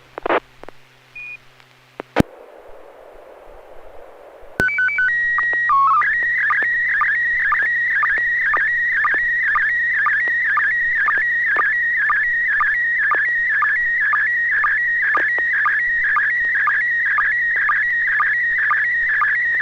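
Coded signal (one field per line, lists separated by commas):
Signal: SSTV (slow-scan television)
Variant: PD120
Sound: short stepped header tones, then a warbling scan tone with steady rhythmic sync blips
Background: radio hiss, squelch noise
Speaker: um Bob are you ready to transmit okay this is uh pd-120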